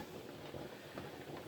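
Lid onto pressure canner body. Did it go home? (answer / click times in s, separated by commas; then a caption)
no / none. A metal lid is set onto a seven-quart pressure canner body holding two quarts of boiling water and lined up before being turned to lock. A steady, broadband rumble and hiss runs throughout with no sharp transients. Nothing has seated or clicked yet.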